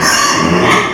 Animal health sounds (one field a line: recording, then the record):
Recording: squeal of a Yucatan mini pig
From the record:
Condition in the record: before surgery on the right vocal fold (resection and tissue-engineered implant)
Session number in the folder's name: 2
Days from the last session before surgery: 0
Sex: male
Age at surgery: 12 weeks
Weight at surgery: 13 kg